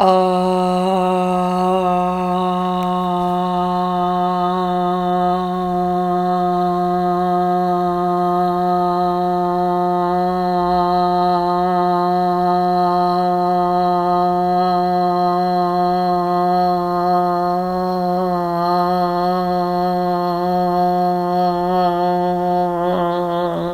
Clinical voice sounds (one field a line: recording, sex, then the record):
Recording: sustained vowel /a/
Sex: female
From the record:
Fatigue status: no fatigue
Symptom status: symptomatic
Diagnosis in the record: COVID-19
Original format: m4a